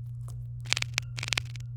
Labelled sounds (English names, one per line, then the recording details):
Domestic Canary song
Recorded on 23 April 2018 at 17:54
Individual llb3